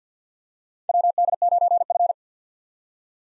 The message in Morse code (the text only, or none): WD9F